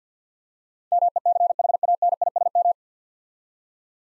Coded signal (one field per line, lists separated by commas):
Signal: Morse code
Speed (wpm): 48 wpm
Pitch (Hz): 700 Hz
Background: none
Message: MECHANISM